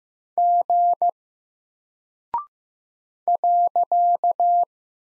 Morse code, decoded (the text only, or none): G .